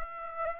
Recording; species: mosquito wingbeat signal from an infrared sensor; Aedes aegypti